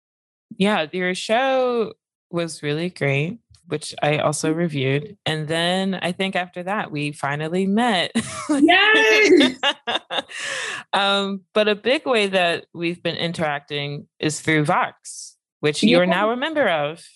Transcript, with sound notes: Yeah, your show was really great. Which I also reviewed. And then I think after that we finally met (laughs) um, but a big way that we’ve been interacting is through Vox, which you’re now a member of.